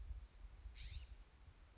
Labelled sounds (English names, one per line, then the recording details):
California Scrub-Jay
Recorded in Sonoma County, California